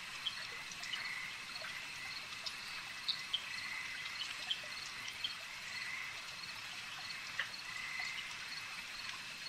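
Insect swarm: insect chorus drones evenly at a high pitch, with occasional sharp ticks.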